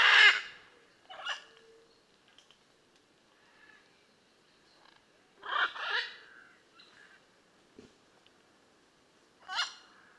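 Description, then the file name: Blue-and-yellow macaw giving loud, raspy screeches: a strong call at the start, a double squawk midway and another near the end. "Blue and yellow Macaw Ara ararauna"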